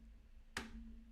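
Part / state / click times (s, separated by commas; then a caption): LEGO minifigure onto model studs / seated / 0.6 s. A plastic LEGO minifigure that had been knocked out is popped back onto the model's studs. A single sharp click lands at 0.6 s over a low steady hum. The minifigure seats firmly in place.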